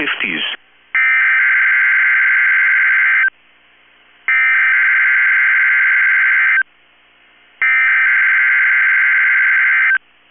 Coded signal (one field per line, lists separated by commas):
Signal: Emergency Alert System (SAME) tones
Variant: header bursts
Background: speech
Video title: EAS Tornado Drill Minnesota/Wisconsin Statewide Test NOAA Weather Radio KEC65 Minneapolis, MN